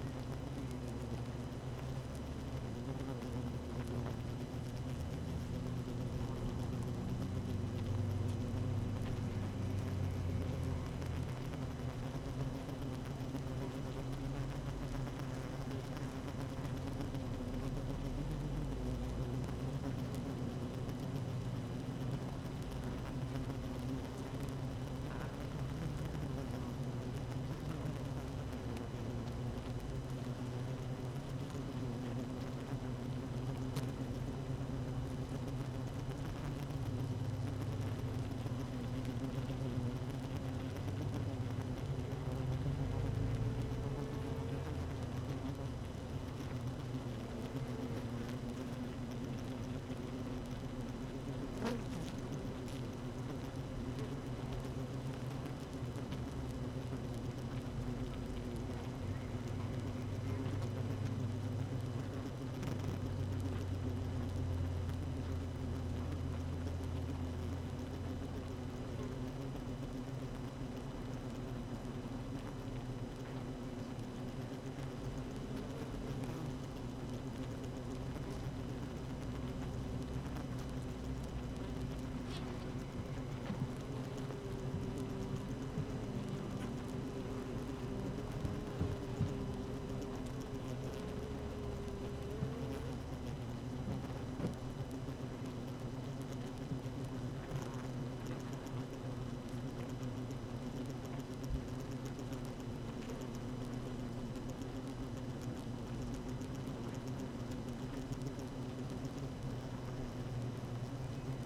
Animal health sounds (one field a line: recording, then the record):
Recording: honeybee colony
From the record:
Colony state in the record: active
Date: 12 June 2018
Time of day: 7:38